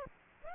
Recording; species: mosquito wingbeat signal from an infrared sensor; Aedes aegypti